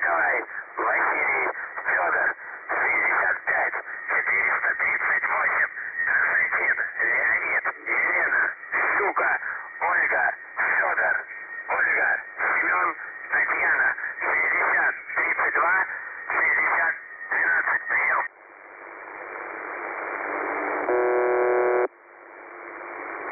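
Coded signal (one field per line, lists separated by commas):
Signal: numbers station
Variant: UVB-76 (The Buzzer)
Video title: The Buzzer/UVB-76 Voice Message (December 3, 2020 11:00 UTC)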